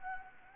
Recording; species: mosquito wingbeat signal from an infrared sensor; Anopheles gambiae